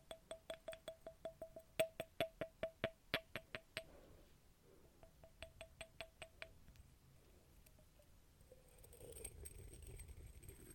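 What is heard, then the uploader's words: Glass tapped in quick, regular ringing clinks for about four seconds, a sparser run near six seconds, then rustling and a faint low rumble. ASMR Glass Tapping for Sleep.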